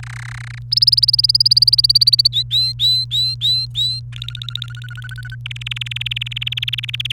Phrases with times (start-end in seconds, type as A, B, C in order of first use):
0.00-0.58 A, 0.71-2.27 B, 2.32-4.00 C, 4.12-5.35 D, 5.46-7.12 E